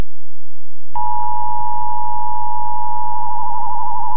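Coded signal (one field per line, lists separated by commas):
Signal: Emergency Alert System (SAME) tones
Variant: 853 and 960 Hz attention tone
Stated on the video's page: Recorded Emergency Broadcast System tests from 1980 to 1996, the older, more manual predecessor of the Emergency Alert System.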